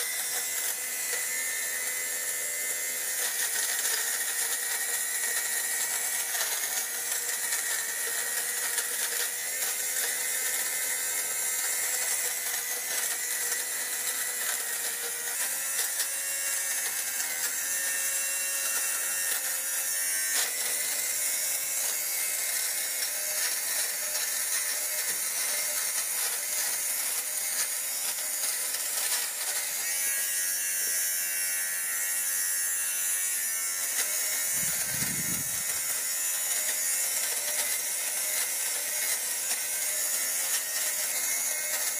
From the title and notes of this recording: ASMR: Fabric Shaving - No Talking, Fabric Sounds, White Noise. I needed to tidy some of my jumpers as they were pilling, so I thought to myself that my fabric shaver sound might make for some good ASMR white noise.